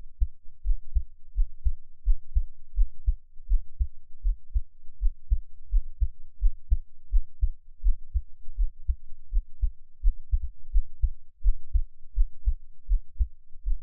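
Steady, regular low thumping heartbeat of an adult, about 85 beats a minute, with clear lub-dub pairs, picked up with an NT5 microphone.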